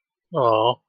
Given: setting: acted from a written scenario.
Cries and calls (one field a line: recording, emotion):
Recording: vocal sound without words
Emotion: disappointment